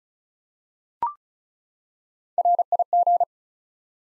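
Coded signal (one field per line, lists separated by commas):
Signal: Morse code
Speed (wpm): 36 wpm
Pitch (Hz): 700 Hz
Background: none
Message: RIG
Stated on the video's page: Head-copy drill of common QSO elements at 35 wpm; each element is sent in Morse, spoken, then sent again.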